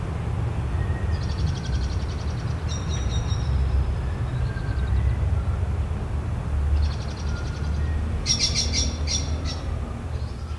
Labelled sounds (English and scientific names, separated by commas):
Common Blackbird (Turdus merula) song